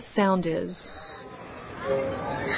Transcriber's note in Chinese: Enter breathing sounds